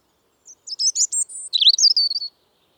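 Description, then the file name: European robin song phrase: thin high whistles run into a quick, warbling sequence of sliding and trilled notes, ending on a drawn-out high note. "Erithacus rubecula"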